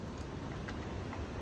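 The plastic locking tab on the multi-pin wiring harness connector of the CAB (ABS control module) on a 2000-2006 T1N Mercedes, Dodge or Freightliner Sprinter is lifted so the connector can slide off. A short click sounds at 1.1 s over a steady broadband background hiss. The tab clicks open and the connector is released.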